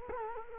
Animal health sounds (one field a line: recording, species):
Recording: mosquito wingbeat signal from an infrared sensor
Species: Culex quinquefasciatus